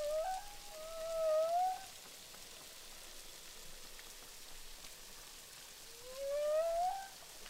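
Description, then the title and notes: Humpback whale song units: a short wavering tone, then two long rising moans, each swelling and fading over about a second, separated by several seconds of hissing underwater noise. Humpback whales at Boucan Canot, Réunion Island; recorded underwater with a DPA hydrophone during filming of SIGNATURE. "humpback whales, boucan canot, ile de la reunion. enregistré avec un hydrophone DPA lors du tournage SIGNATURE"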